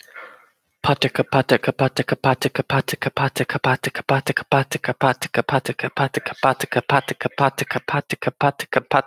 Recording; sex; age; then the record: repeated syllables /pa ta ka/; male; 20 to 29 years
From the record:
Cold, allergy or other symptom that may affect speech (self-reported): no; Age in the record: 29 years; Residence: Pennsylvania, United States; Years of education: 12